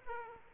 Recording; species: mosquito wingbeat signal from an infrared sensor; Aedes aegypti